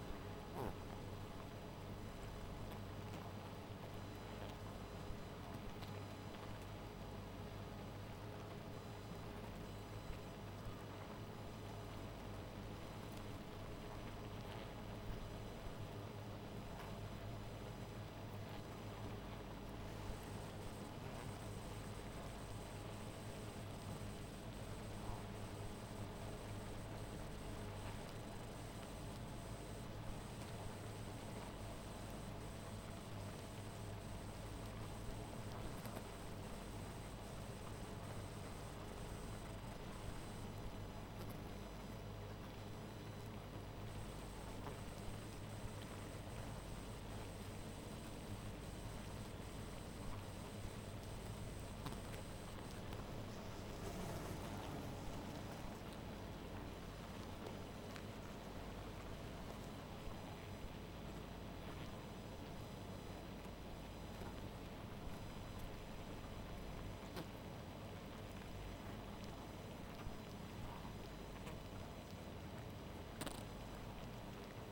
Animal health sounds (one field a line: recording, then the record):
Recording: honeybee colony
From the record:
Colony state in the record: missing queen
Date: 14 July 2017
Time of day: 0:36